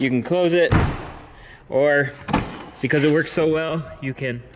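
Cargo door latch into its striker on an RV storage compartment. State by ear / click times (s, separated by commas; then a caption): not seated / none. A working cargo door latch on an RV storage compartment is handled by hand, with broadband thuds of the door closing heard near 0.7 s and 2.4 s while someone talks. The latch has not clicked into its striker yet, and nothing has seated by the end of the clip.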